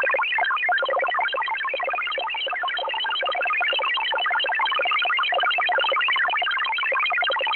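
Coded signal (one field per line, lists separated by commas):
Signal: multi-tone FSK (Olivia or MFSK type)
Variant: XPB 16-tone MFSK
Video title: Russian XPB MFSK number station at 13447 kHz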